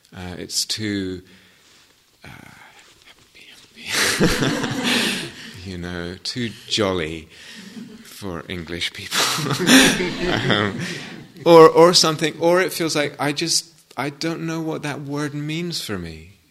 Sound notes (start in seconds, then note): 4.0 laughter; 9.1 laughter